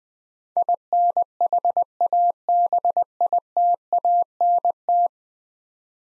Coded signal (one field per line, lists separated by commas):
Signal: Morse code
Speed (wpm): 20 wpm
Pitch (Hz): 700 Hz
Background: none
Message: INHABITANT